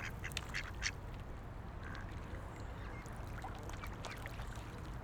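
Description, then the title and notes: Ducks giving a quick run of quacks at the start, then scattered softer calls over steady low background noise. Ducks on a lake in a park in Vienna, being given food. "Patos Viena. Este es el momento en el cual en un parque de Viena damos comida a unos patos que encontramos en un lago"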